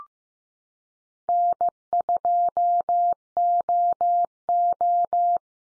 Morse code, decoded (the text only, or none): N2OO